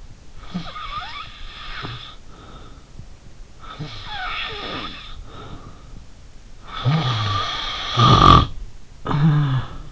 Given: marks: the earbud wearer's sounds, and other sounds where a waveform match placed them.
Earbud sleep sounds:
sounds in sleep by an in-ear microphone; snoring breath, talking in sleep
0.38-2.94 s: snoring breath
3.60-5.93 s: snoring breath
6.62-9.92 s: snoring breath
8.98-9.74 s: talking in sleep

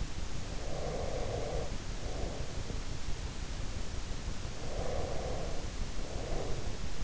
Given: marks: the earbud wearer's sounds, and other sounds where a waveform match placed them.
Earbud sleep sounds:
sounds in sleep by an in-ear microphone; breath
0.41-2.91 s: breath
4.37-7.03 s: breath

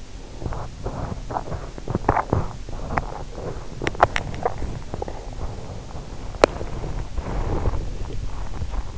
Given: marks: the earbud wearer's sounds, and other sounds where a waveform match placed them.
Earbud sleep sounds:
sounds in sleep by an in-ear microphone; body movement, teeth grinding
0.34-8.98 s: body movement
1.83-2.61 s: teeth grinding
3.72-4.76 s: teeth grinding
6.28-6.86 s: teeth grinding

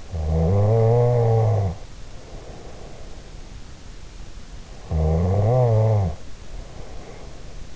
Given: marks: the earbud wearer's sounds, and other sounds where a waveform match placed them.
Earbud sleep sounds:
sounds in sleep by an in-ear microphone; snoring breath
0.14-3.40 s: snoring breath
4.76-7.76 s: snoring breath

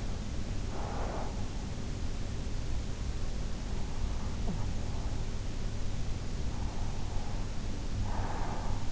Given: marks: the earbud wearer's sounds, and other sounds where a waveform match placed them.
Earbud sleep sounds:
sounds in sleep by an in-ear microphone; breath
0.64-1.51 s: breath
6.60-8.92 s: breath

